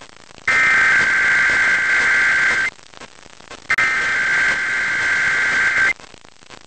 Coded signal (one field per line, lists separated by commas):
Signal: Emergency Alert System (SAME) tones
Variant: header bursts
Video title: Albany NY Required Monthly Test (8/9/22)